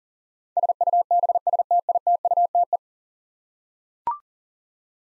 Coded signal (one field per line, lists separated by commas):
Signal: Morse code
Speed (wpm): 40 wpm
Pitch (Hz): 700 Hz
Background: none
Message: SUBSTITUTE